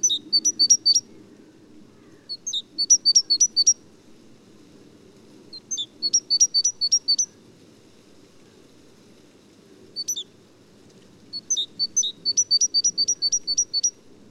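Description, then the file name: Great tit giving clipped, high, ringing notes in fast strings of several notes, separated by short silences, over a soft low rumble of background noise. "gtit major"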